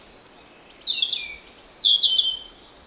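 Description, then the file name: European robin singing two brief high phrases, each opening with a thin whistle and falling into a quick warbled trill, separated by a short pause. "Erithacus rubecula"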